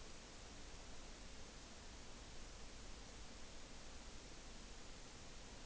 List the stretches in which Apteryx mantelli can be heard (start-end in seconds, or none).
none